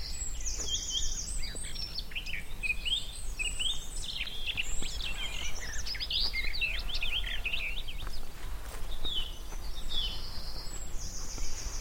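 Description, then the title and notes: Garden warbler in long, rambling song, fluted notes mixed with scratchy chatter, set against a constant low rumble. Male singing in spring on a scrubby hillside with hawthorns in bloom; a migrant; described as fluted and rather frenetic; recorded by Fergus Collins. "Sound escape 65: be enchanted by the little-known song of the garden warbler. the scrubby hillside hawthorns burst into bloom. a male garden warbler into his fluted song. Recorded by Fergus Collins"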